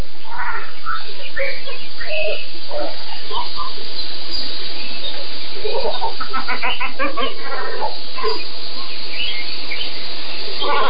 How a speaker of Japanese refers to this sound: 暗い中に黒い鳥がいるため鳴くまで気がつきませんでした。カワウの数は50羽ほど。湖の中の立ち枯れた木に止まってねぐらをとっていました。夜明け前、目の覚めたカワウたちが泣き合っていたのです。